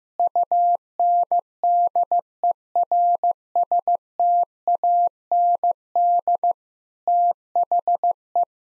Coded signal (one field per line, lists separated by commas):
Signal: Morse code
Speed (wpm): 15 wpm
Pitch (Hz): 700 Hz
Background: none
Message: UNDERSTAND THE